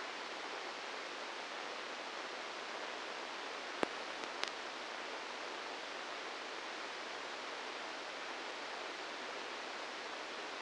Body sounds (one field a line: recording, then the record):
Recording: brain microelectrode recording played as sound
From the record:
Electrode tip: inside the subthalamic nucleus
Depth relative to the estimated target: 1 mm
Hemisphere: left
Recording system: NeuroSet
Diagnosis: Parkinson's disease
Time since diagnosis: 10 years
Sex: male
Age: 63 years